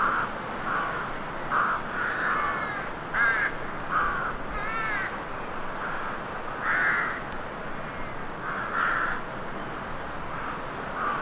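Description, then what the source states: Crows cawing in a loose chorus, short harsh caws in quick runs throughout, some overlapping, over a steady hiss and low rumble. Crows in a graveyard atmosphere horror soundscape; vinyl source.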